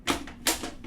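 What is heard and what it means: A 7-inch metal reflector is twisted onto the Bowens mount of a Flashpoint XPLOR 600 HSS TTL strobe and locks in place. A soft tap comes at about 0.1 s, a faint one at 0.3 s, then a sharp, bright snap at 0.5 s as it seats, followed by a quieter tick near 0.8 s. The reflector is seated on the mount.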